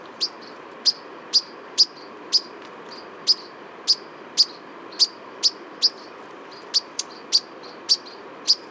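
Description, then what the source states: European Pied Flycatcher uttering crisp, high, clicking call notes in a fairly steady series, with a brief quicker cluster near the end. Perched on a black poplar, white wing bar seen, in winter plumage; refound at the end of a dawn autumn walk at Réserve des Ramières, Drôme, during a heritage festival.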